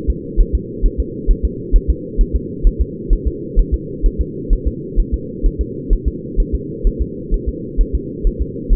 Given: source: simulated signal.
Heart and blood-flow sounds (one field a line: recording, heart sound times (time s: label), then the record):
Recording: fetal heart sounds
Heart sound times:
0.10 s: S2
0.40 s: S1
0.55 s: S2
0.86 s: S1
1.00 s: S2
1.31 s: S1
1.45 s: S2
1.76 s: S1
1.90 s: S2
2.21 s: S1
2.36 s: S2
2.67 s: S1
2.81 s: S2
3.13 s: S1
3.28 s: S2
3.59 s: S1
3.74 s: S2
4.06 s: S1
4.21 s: S2
4.53 s: S1
4.67 s: S2
5.00 s: S1
5.14 s: S2
5.46 s: S1
5.61 s: S2
5.93 s: S1
6.08 s: S2
6.40 s: S1
6.55 s: S2
6.87 s: S1
7.02 s: S2
7.34 s: S1
7.49 s: S2
7.81 s: S1
7.95 s: S2
8.27 s: S1
8.42 s: S2
8.73 s: S1
From the record:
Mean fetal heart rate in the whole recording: 130 bpm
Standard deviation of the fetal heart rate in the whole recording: 2 bpm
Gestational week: 38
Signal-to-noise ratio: -4.1 dB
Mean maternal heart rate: no maternal heart sound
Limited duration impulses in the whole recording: absent